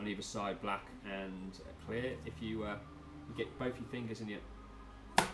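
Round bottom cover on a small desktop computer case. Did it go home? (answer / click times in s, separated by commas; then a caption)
released / 5.2 s. Someone talks while placing two fingers on the round plastic bottom cover of a 2011 Mac Mini and twisting it. A short, sharp click is heard at 5.2 seconds as the cover turns to its unlocked position, releasing it so the panel can be taken off.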